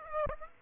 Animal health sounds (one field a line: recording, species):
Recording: mosquito wingbeat signal from an infrared sensor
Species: Aedes aegypti